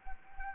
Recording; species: mosquito wingbeat signal from an infrared sensor; Anopheles gambiae